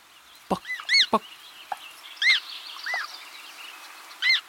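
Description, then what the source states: American Coot calls: several arched, ringing notes with bright harmonics, with sharp clicks between them and a low background hiss. Adult calling to its chick, which is hoping to be fed by its parent; a water setting; the adult call is rendered as buck, buck.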